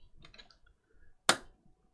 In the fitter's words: we go that's gone in with a nice click and the other one again